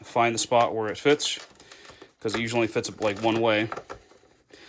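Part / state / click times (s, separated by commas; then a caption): turn signal bulb socket into rear lamp housing / not seated / none. Someone talks while lining up the plastic rear turn signal bulb socket of a 2019 Kia Niro with its keyed slot in the rear tail light housing, ready to push it in and turn it to lock. A faint, brief sound comes near 4.5 s as the clip ends. Nothing has seated or clicked yet.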